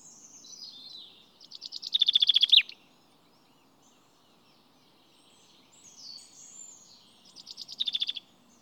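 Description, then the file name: Common chaffinch song given twice, each a short rapid series of notes, the first with a sharp ending, with soft high twittering between the phrases. "Fringilla coelebs"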